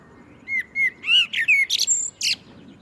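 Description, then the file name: Common blackbird song: several clear fluted whistles, then a thin, high chattering ending. "Turdus merula"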